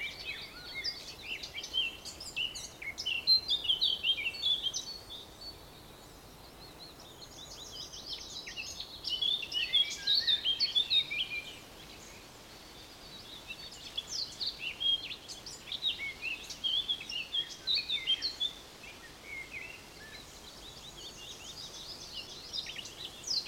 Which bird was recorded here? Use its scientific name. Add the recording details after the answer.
Sylvia atricapilla. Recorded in the wild. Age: adult. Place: Summt, Brandenburg, DE. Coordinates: 52.693, 13.362. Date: 1992-06-14 14:40. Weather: heiter, ca. 23°C. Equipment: Nagra SN, Mikrofon AKG CK 8, Kopie Tesla B 116. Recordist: Tembrock, Günter